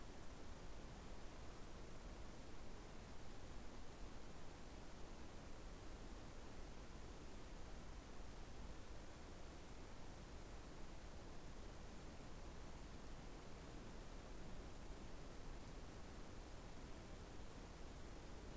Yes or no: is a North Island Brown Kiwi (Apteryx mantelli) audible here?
no